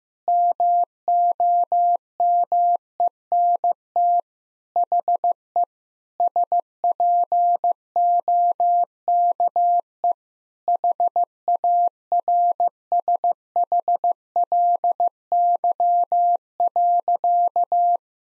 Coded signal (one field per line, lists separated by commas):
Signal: Morse code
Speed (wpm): 16 wpm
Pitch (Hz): 700 Hz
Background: none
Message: MOMENT HE SPOKE HARSHLY.